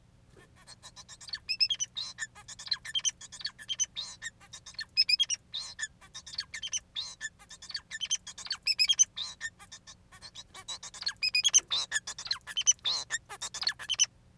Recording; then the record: song of a male Bengalese finch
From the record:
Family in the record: son of father 4